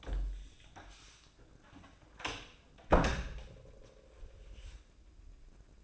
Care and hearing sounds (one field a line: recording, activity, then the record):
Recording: daily activity, microphone in the room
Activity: close door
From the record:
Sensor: 2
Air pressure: 1012.2 hPa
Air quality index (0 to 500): 158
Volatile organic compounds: 2 ppm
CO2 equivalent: 1154 ppm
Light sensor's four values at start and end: 434/1088/443/468 and 434/1089/443/469